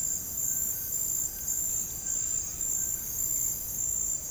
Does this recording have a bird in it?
yes